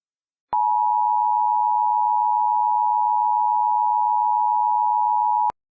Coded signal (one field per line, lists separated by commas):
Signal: Emergency Alert System (SAME) tones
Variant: 853 and 960 Hz attention tone